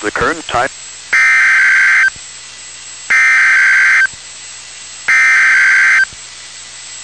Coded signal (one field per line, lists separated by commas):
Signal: Emergency Alert System (SAME) tones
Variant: header bursts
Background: speech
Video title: Real NOAA Weather Radio EAS Alert #121